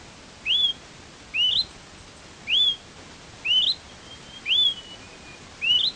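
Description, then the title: Smoke-colored Pewee calling, a clear rising whistled note with a slight upturn, repeated about once a second against a quiet hiss. Subspecies zarumae. "LuckyPassaro Completos2Sama. Smoke-colored Pewee (Contopus fumigatus zarumae)"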